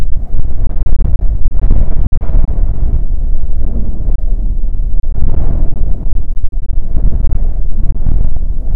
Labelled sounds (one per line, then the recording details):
wind
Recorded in the Arctic National Wildlife Refuge, Alaska, on 20 June 2019 at 00:30
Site 44